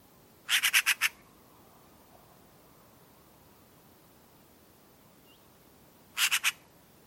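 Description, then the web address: Bird calls: a quick burst of five short notes, then about five seconds of hiss, then another quick burst of three. Call type labelled "pi pi pi pi". "cianscape birddata Deverinetal 2025"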